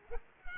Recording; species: mosquito wingbeat signal from an infrared sensor; Culex quinquefasciatus